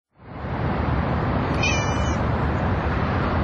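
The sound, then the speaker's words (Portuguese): A single short, high cat meow rises briefly over a loud, steady rushing noise that fills the whole clip. “E que diga o gato da pradaria.”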